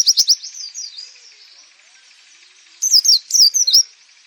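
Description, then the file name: Oriental white-eye giving a quick high chirping burst, falling quiet for over a second, then a few sharp, bright twittering notes. Nembak, a rapid song style used for training birds. "suara pleci nembak"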